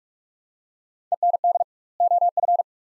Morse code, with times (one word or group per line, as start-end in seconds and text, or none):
1.1-1.6 END
2.0-2.6 OF